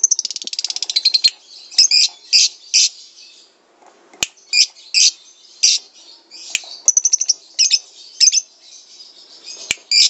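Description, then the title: Lovebird song opening with a fast buzzy trill, then loud high chirps in short bursts, interspersed with sharp clicks. National champion lovebird, used as a masteran training recording. "MASTERAN BURUNG 2. Suara LoveBird Juara Nasional"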